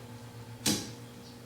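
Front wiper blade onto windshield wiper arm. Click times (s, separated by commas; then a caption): 0.7 s. A new front wiper blade on a 2010–2014 VW GTI/Golf is slid from the top down onto the hook of the windshield wiper arm. A short, sharp click is heard at 0.7 s over a quiet background hum. The blade is seated on the arm and is tugged afterward to check it.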